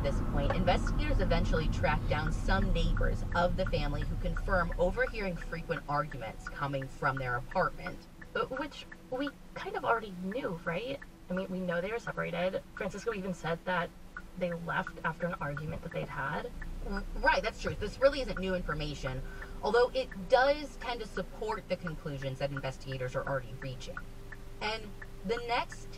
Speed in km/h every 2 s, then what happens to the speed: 31, 21, 8, 0, 0, 0, 0, 0, 0, 0, 0, 0, 0.
0-5 brakes to 0. 5-26 standing.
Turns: none.